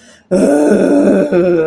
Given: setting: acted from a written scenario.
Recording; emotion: vocal sound without words; anger